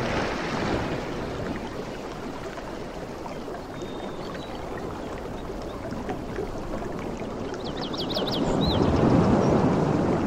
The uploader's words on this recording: Softest Beach Sounds from the Tropics. Ocean sounds of waves.